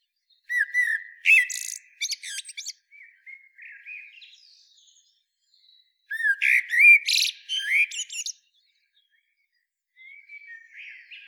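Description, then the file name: Eurasian blackbird song: two rich phrases of low fluted whistles ending in high squeaky twitters, separated by soft warbles and silence, with a faint whistled phrase closing. "Turdus merula"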